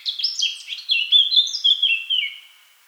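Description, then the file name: Eurasian blackcap singing a brisk scratchy warble that flows into rich, fluted whistles before trailing off. "Sylvia atricapilla"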